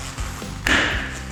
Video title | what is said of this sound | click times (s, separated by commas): Розкладне крісло для риболовлі Eagle Rock туристичний кемпінговий стілець зі спинкою Відеоогляд | натискаємо до щелчка натискаємо трошки зусіллям до щелчка так само тут і | 0.7 s